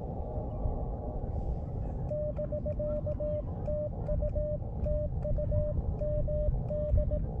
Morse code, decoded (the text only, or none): <BK> TU TU MD